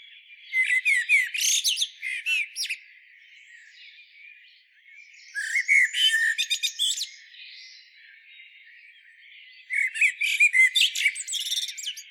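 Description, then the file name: Common blackbird delivering three bursts of rapid twittering and squeaky notes, with quiet gaps between. "Turdus merula"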